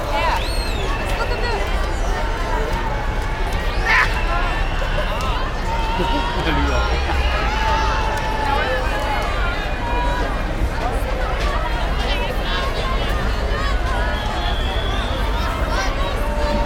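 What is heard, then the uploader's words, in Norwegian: A russ parade on Karl Johan: a dense, unbroken wash of crowd voices and shouting runs the whole length, over a steady low rumble. Brief tonal calls and honks rise out of the babble now and then, notably around four and seven seconds. Lyden av russetog på Karl Johan. Russerop, tuting, musikk.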